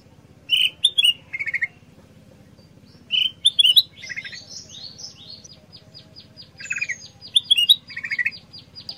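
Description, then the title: Black-crested bulbul song: short bright warbled phrases in spaced bursts, mixed with a fast, steady series of high ticking notes and other chirps. Long masteran combination-sound compilation used for training songbirds. "Panjang Masteran Kutilang Emas Suara Kombinasi"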